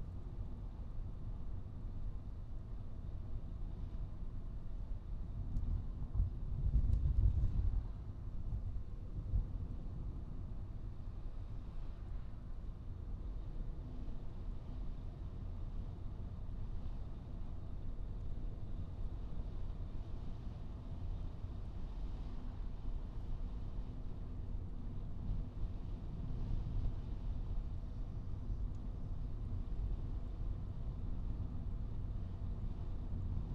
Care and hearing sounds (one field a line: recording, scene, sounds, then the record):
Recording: everyday scene through a hearing-aid microphone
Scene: in a vehicle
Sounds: engine, traffic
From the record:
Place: Skoda Fabia, gasoline engine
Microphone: in the ear canal, right